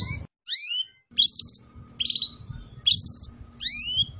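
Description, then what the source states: Atlantic canary: bird giving sharp, bright chirps and short whistled notes at irregular intervals, with steady low hum underneath. Recording used as a lure call for bird-trapping.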